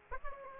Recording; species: mosquito wingbeat signal from an infrared sensor; Aedes aegypti